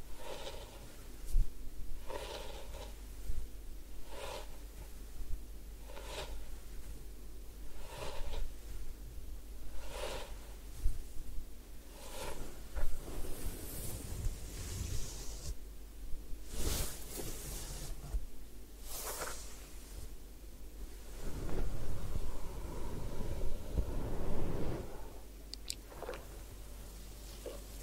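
Rhythmic hair-wash and massage sounds: soft rubbing strokes repeat about every two seconds for the first twelve seconds, then grow louder and more irregular, with sharp bright swishes near 16 and 19 seconds. A heavier low rumbling follows around 21–25 seconds, over a steady low hum.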